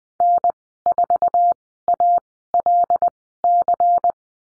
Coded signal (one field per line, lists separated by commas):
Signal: Morse code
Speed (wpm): 20 wpm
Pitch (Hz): 700 Hz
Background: none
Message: N4ALC